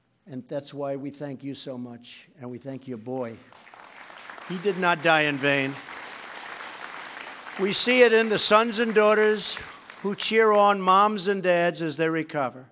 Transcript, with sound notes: And that’s why we thank you so much, and we thank your boy. (Applause.) He did not die in vain. We see it in sons and daughters who cheer on moms and dads as they recover.